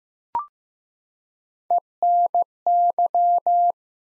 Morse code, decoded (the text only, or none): ENY